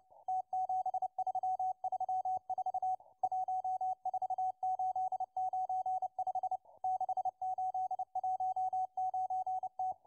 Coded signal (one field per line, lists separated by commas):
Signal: Morse code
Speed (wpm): 29 wpm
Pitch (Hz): 750 Hz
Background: radio noise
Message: T7334 14895 6819T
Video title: 11139kHz CW Russian Morse Number Station M12 (08.04.2024)